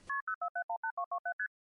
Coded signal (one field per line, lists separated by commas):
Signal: multi-frequency trunk signalling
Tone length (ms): 100 ms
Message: KP04718227ST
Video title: Vintage Telephone Network Sounds part 2, 1976-1981